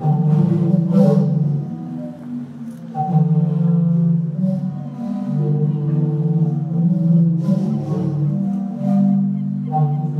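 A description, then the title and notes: The Sea Organ in Zadar, Croatia, sounds a thick cluster of low, hooting tones that overlap and shift in pitch, swelling and fading every few seconds without a break. Brief splashy hisses rise over the drone at about 1, 3, 7 and 9 seconds. Sea Organ, Zadar, Croatia. By Mira Burt-Wintonick.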